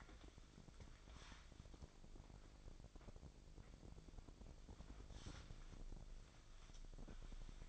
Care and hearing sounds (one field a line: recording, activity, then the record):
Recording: daily activity, microphone in the room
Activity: wipe stove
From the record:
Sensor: 5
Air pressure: 1001.7 hPa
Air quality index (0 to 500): 177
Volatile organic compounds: 11 ppm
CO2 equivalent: 2268 ppm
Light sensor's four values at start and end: 23/78/29/30 and 22/76/29/30